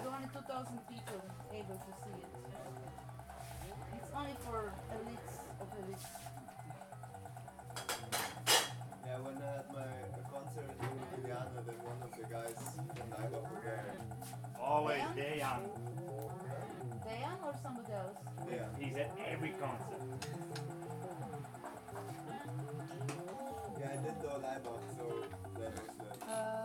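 Around the camp, overlapping voices chatter over a steady hum, with sharp clattering knocks near eight seconds and a louder rattle around fifteen.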